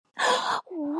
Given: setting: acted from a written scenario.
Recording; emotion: vocal sound without words; positive surprise